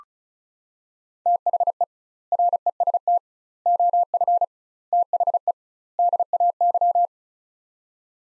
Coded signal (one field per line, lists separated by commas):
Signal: Morse code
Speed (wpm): 36 wpm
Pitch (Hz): 700 Hz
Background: none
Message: THE REST OF THE DAY